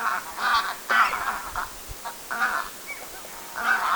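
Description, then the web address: Domestic goose honks, several nasal calls in quick bursts separated by short gaps, with softer grunting notes in between. Family of domestic geese shifting to a new feeding place along a shore, flying; recorded 22 July 2026. "paivat 22 7 2026 kotihanhiperhe vaihtaa ruokailupaikkaa rannalla lentaen"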